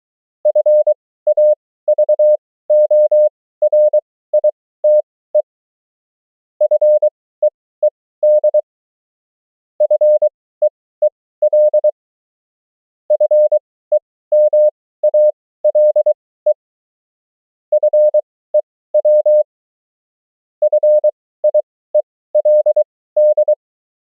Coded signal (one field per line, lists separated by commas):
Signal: Morse code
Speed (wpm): 23 wpm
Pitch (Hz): 600 Hz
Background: none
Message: FAVORITE FEED FEEL FEMALE FEW FIELD